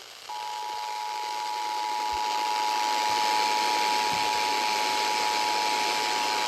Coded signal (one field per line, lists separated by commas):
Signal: Emergency Alert System (SAME) tones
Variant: 853 and 960 Hz attention tone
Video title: EAS Alerts From 7/11/26: A Compilation (EAS 1305-1315)